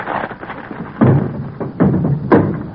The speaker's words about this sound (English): My girdle broke. Well, it's very good to let yourself go once in a while like that.